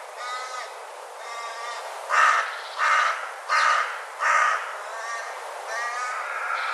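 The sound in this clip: Bird gives four evenly spaced hoarse caws, about one every 0.7 seconds, with softer harsh calls before and after.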